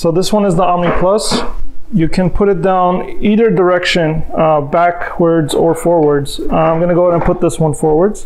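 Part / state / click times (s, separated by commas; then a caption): stroller seat onto stroller frame / not seated / none. Someone talks while handling an Evenflo Omni Plus stroller seat, which can go onto the stroller frame facing either backwards or forwards and is being positioned to face forwards. Nothing has seated or clicked onto the frame yet.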